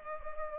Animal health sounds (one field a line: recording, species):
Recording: mosquito wingbeat signal from an infrared sensor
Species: Culex pipiens